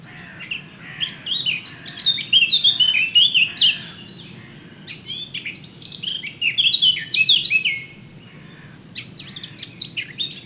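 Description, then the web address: Eurasian blackcap song: rich warbled phrases of fast, jumbled chirps and fluty notes, separated by short pauses. "SETE data Sylvia atricapilla"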